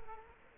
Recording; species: mosquito wingbeat signal from an infrared sensor; Culex quinquefasciatus